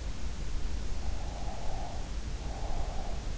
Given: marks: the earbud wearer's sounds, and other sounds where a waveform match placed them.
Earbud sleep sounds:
sounds in sleep by an in-ear microphone; breath
1.35-3.15 s: breath

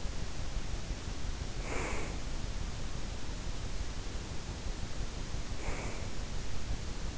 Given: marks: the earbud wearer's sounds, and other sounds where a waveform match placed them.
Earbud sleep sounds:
sounds in sleep by an in-ear microphone; breath
1.23-2.50 s: breath
5.29-6.17 s: breath

